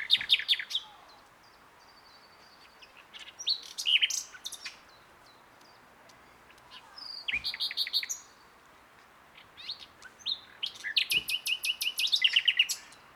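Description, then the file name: Common nightingale song in varied phrases separated by pauses of about two seconds, mixing rich whistles, rapid repeated notes and harsh buzzy trills. "Luscinia megarhynchos"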